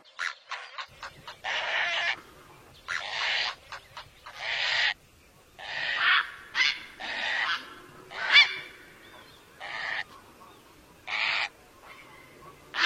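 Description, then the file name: Great blue heron producing a steady series of coarse, rasping squawks of varying length, interspersed with brief clicking notes. "Canto do garca azul grande"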